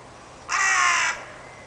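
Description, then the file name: Carrion crow call: a single harsh, raspy caw lasting just over half a second. "Corvus corone"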